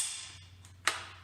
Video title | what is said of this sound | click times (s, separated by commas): How to change a headset on a vintage road bike. What tools to use? | then i'm going to grab it from the top pull it up until it clicks | 0.9 s